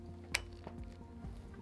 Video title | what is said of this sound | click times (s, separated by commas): Anatomy of a SpeedFlex Helmet - GG Labs | and when you hear that click you're locked and you are good to go | 0.3 s